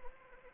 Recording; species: mosquito wingbeat signal from an infrared sensor; Anopheles arabiensis